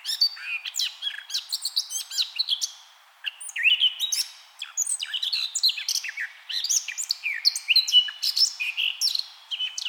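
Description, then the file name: Eurasian blackcap singing a dense, rapid warble of varied high chirps and whistles, with short bursts throughout and a brief pause near three seconds. "Sylvia atricapilla"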